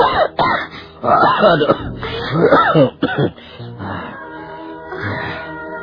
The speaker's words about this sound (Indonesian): Lihat, ayah. Batuk-batuk ayah mengeluarkan darah.